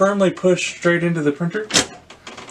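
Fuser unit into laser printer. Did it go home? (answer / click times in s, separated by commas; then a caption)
yes / 2.1 s, 2.3 s. Someone talks while a replacement fuser unit, held by its thumb tabs and blue buttons, is slid back and pushed firmly straight into an HP M604 laser printer. Two short clicks follow at about 2.1 s and 2.3 s, one for each side, as the fuser assembly seats in place.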